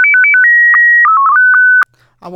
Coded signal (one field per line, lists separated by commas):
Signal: SSTV (slow-scan television)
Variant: Scottie 2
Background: speech